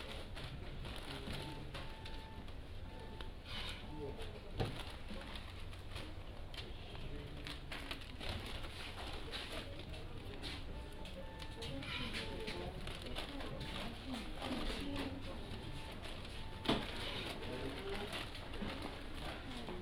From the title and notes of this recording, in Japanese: 環境音 直売所へ店出し。